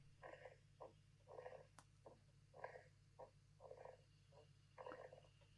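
Irregular short squeaky, creaky grunts and little snores about once a second over a steady hum, like a creaky door: ordinary sleep noises of a baby girl asleep.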